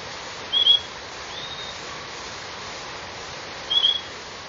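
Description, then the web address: Purple-throated euphonia calls: two brief, high, clipped double notes about three seconds apart over a steady hiss of background noise. Recorded in Ecuador. "Birds of Ecuador. Purple-throated Euphonia"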